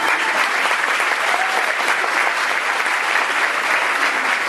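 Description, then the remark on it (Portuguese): A crowd claps steadily and loudly, a dense wash of many hands applauding without pause for the whole stretch, with no voices rising above it. “Vamos aplaudi-la.”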